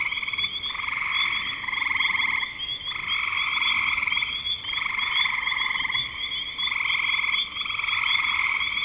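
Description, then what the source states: Dense frog chorus of pulsed trills in bursts with short pauses between, several callers overlapping, and a continuous high-pitched buzz. Spring 2025.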